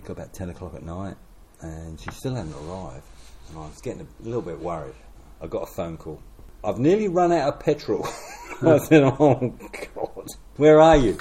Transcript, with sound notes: got about ten o’clock at night and she still hadn’t arrived, and I was getting a little bit worried. I got a phone call: “I’ve nearly run out of petrol.” [Chuckle] I said, “Oh God – where are you?”